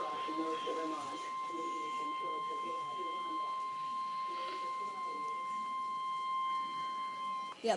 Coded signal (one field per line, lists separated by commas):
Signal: Emergency Alert System (SAME) tones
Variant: 1050 Hz attention tone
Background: speech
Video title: NOAA Weather Radio EAS #21: Flood Warning